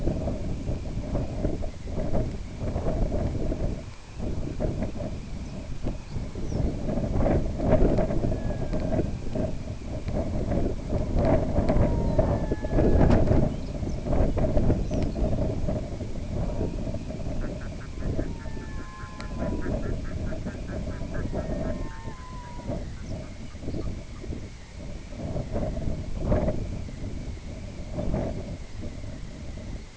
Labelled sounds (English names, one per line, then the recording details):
Snow Bunting
Red-throated Loon
unidentified sound
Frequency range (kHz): Snow Bunting 2.7-7.5 kHz
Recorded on Arctic tundra, site IGLO-B, on 23 June 2018
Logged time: 11:59